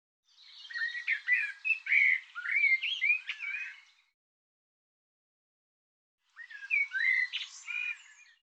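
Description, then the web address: Bird song in two bursts of varied, slurred warbling whistles, the first about three and a half seconds long, the second shorter after a silent pause. Recording cleaned and normalized; bird labelled 'Tu Me Tu Me'. "cianscape birddata Deverinetal 2025 File cleaned normalized Bird Tu Me Tu Me"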